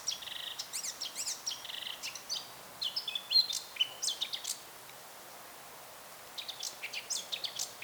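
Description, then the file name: Eurasian blackcap song, quick warbling phrases of high chirps and whistles, pausing briefly before resuming near the end. "Sylvia atricapilla"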